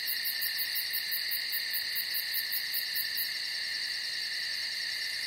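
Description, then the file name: Cricket chirping: a continuous high, shrill chirring, with a fast pulsing beat on top for the first few seconds. "Strekotanie sverchka"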